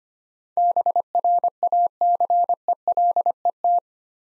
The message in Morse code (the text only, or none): BRACELET